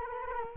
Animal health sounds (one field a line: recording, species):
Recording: mosquito wingbeat signal from an infrared sensor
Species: Culex quinquefasciatus